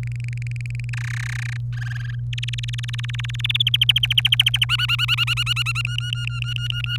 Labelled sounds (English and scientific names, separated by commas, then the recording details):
Domestic Canary (Serinus canaria) song
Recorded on 26 April 2018 at 18:18
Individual llb3